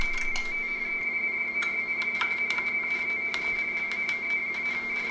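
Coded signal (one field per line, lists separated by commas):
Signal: RTTY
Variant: 50 baud Baudot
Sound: steady two-tone warbling teletype signal with irregular mechanical clicking throughout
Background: teleprinter mechanical clatter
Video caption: [50 Bauds Baudot tones] And you can tell it's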